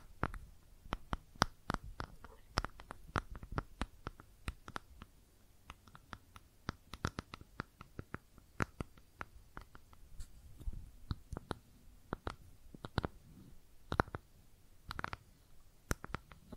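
Makeup tapping and scratching sounds: sharp, bright taps and clicks come in quick, irregular runs, sometimes several per second, sometimes with short gaps. Soft scratchy rustles and low thuds sit underneath between the taps throughout.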